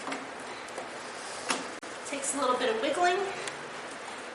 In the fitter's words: so this just pops right in takes